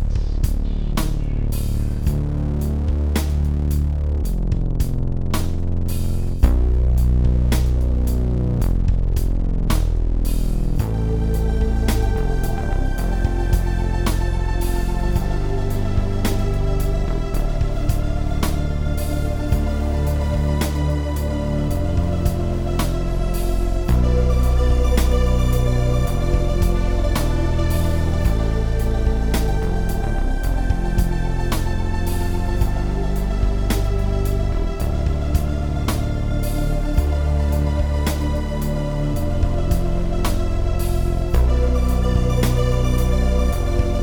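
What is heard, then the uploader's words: A dark city atmosphere of dense, steady low droning layers, with a brighter, busier texture and regular ticking pulses entering after about ten seconds. Dark City atmosphere.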